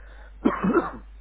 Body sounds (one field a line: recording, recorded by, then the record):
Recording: voluntary cough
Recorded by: telephone call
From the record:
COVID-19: positive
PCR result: self-reported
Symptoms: yes